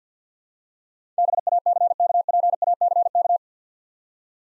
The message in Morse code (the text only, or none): BACKPACK